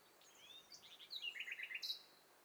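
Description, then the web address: Birds calling, a quick run of bright chirped notes overlapping with higher thin whistles and a sharp squeak near the end. Several birds calling at once. "Hi Fi STEREO BIRD COCKTAIL PARTY Challenge"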